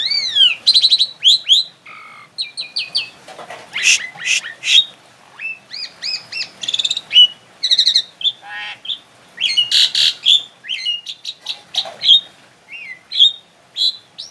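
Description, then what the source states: Asian pied starling singing a busy medley of upslurred whistles, rasping buzzes and clear piping notes, delivered in quick phrases with short pauses. Indonesian name Jalak Suren; labelled Suren Teler.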